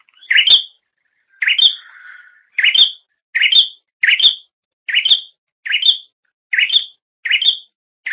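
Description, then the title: Bird chirping: about ten short, bright upward-sweeping chirps at uneven intervals, one followed by a lower soft buzzy note. "kikicau"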